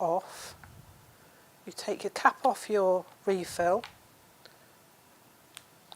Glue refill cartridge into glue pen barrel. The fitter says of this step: click it in did you hear that click and then you pull the top off and then you screw it back down